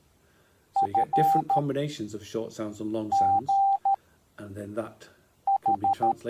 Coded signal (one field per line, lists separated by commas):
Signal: Morse code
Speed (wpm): 13 wpm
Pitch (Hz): 790 Hz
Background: speech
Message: F G H